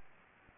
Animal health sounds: mosquito wingbeat signal from an infrared sensor; Anopheles gambiae

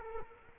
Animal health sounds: mosquito wingbeat signal from an infrared sensor; Culex quinquefasciatus

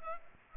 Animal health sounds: mosquito wingbeat signal from an infrared sensor; Culex pipiens

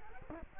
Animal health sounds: mosquito wingbeat signal from an infrared sensor; Culex quinquefasciatus

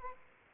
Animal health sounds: mosquito wingbeat signal from an infrared sensor; Anopheles arabiensis

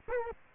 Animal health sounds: mosquito wingbeat signal from an infrared sensor; Culex quinquefasciatus

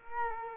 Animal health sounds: mosquito wingbeat signal from an infrared sensor; Culex quinquefasciatus

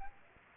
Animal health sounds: mosquito wingbeat signal from an infrared sensor; Aedes aegypti

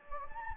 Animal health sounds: mosquito wingbeat signal from an infrared sensor; Anopheles gambiae

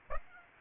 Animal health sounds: mosquito wingbeat signal from an infrared sensor; Aedes aegypti

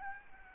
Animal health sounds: mosquito wingbeat signal from an infrared sensor; Aedes albopictus

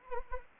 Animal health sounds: mosquito wingbeat signal from an infrared sensor; Anopheles arabiensis

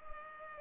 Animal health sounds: mosquito wingbeat signal from an infrared sensor; Culex pipiens

